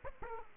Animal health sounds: mosquito wingbeat signal from an infrared sensor; Aedes aegypti

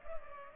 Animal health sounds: mosquito wingbeat signal from an infrared sensor; Culex pipiens

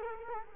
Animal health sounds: mosquito wingbeat signal from an infrared sensor; Culex quinquefasciatus

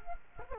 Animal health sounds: mosquito wingbeat signal from an infrared sensor; Culex quinquefasciatus

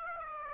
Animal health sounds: mosquito wingbeat signal from an infrared sensor; Aedes aegypti

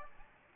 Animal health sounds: mosquito wingbeat signal from an infrared sensor; Anopheles gambiae

